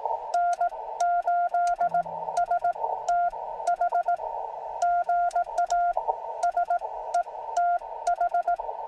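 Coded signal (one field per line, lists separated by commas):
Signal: Morse code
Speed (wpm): 18 wpm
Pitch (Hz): 700 Hz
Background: none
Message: N8STH GA SETH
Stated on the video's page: CW Parks on the Air activation on 17m from a Jeep, using a Yaesu FT-891 and ATAS-120A antenna on battery power.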